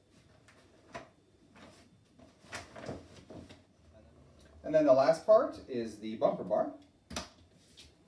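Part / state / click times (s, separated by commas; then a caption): bumper bar into stroller seat frame mounts / seated / 7.1 s, 7.2 s. Someone talks while the bumper bar of an Uppababy Cruz V2 stroller is pushed into its mounts on both sides of the stroller seat frame. Two close sharp clicks are heard at about 7.1 s and 7.2 s, one per side, as the bumper bar seats in place.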